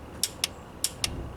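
A click-type torque wrench set to 18 ft-lb tightens a spark plug into the aluminium cylinder head of a 2000 Volvo S70 with the 2.4 liter naturally aspirated engine. Four short, sharp metallic clicks sound at about 0.2, 0.4, 0.8 and 1.0 seconds over a low background hum. The clicks at 0.2 and 0.8 seconds mark the wrench reaching its setting, showing that the plug is torqued.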